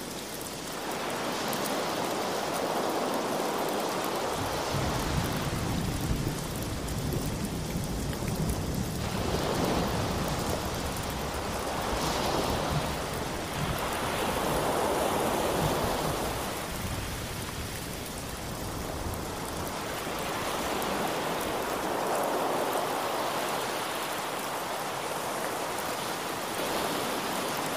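Rain falls in a dense, steady hiss, with slow swells of rushing sound rising and fading every few seconds like waves washing in. A low rumble of thunder rolls through between about 5 and 18 seconds, then eases, leaving the rain and surf.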